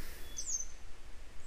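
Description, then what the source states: Grey wagtail giving a few thin, high, sharp call notes, two close together midway and one more at the end, over a steady low rumble. A pair, still searching for their young today; follow-up report.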